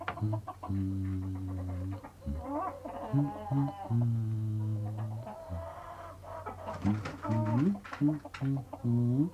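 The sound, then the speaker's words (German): Chickens roost in a henhouse at night, clicking their beaks and giving a steady run of low, throaty croons and murmuring clucks, each drawn-out note ending in a brief upward lilt, with sharper chatter toward the end. “Es ist lustig, dass wir nachts im Hühnerstall sitzen.”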